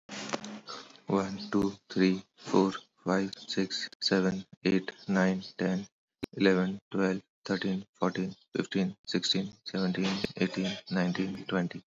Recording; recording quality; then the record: counting at a normal pace; excellent, no background noise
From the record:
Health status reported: healthy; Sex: male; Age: 40 years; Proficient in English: yes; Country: India